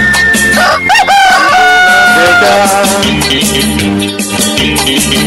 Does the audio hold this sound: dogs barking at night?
no